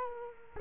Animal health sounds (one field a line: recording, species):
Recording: mosquito wingbeat signal from an infrared sensor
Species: Culex quinquefasciatus